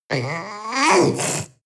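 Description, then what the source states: Panther yowl: a drawn-out harmonic wail that rises and strains, then breaks into a breathy hiss before fading. Young panther yowling and hissing.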